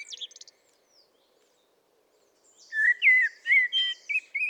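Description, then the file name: Common blackbird: a brief high twitter, a silent pause, then a loud, mellow warbling phrase of fluted whistles. "Turdus merula"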